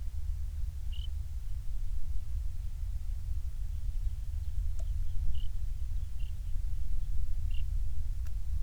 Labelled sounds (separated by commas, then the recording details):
songbird, wind
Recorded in the Prudhoe Bay oil fields, Alaska, on 28 July 2019 at 05:25
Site 25